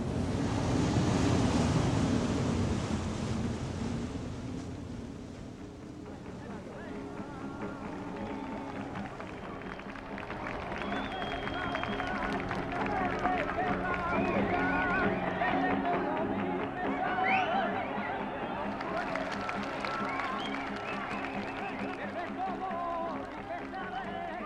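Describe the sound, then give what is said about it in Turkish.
Sea waves wash and surge steadily around a sailing ship gliding through the middle of the sea, a continuous broad rushing with gusts of wind, swelling loudest at the start and rising again midway. “Denizin ortasında süzülerek giden bir yelkenli gemide geldi Sevda.”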